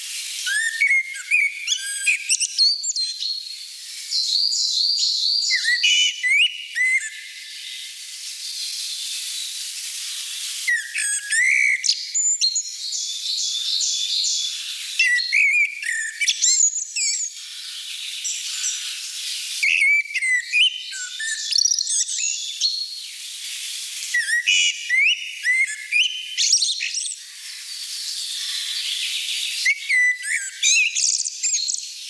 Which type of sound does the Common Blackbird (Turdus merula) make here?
song